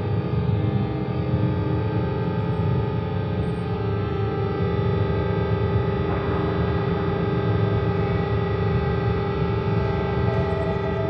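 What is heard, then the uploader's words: A space battle rendered as a thick, unbroken wall of droning, distorted sound with a heavy low rumble and layered humming tones above it. Loudness stays level throughout, and a brief crackling swell rises around six seconds before settling back. Space Fantasy – Battle – Space Battle.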